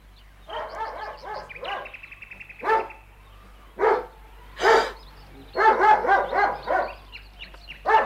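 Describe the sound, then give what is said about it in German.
A dog barks repeatedly in an irregular series, some barks coming in quick clusters and others as loud single yelps, over a low steady hum. “Keine Angst, mein Kind. Mein Hund beißt dich nicht.”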